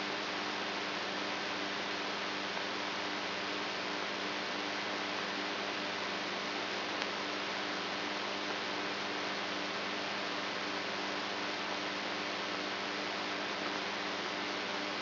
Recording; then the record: brain microelectrode recording played as sound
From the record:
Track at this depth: inside the subthalamic nucleus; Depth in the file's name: 3.916 mm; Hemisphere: right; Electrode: 3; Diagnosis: Parkinson's disease